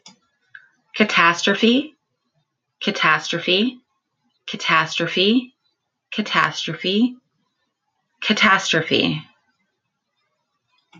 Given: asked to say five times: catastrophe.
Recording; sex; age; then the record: repeated word; female; 30 to 39 years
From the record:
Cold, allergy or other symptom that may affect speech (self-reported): no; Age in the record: 39 years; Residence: Texas, United States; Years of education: 14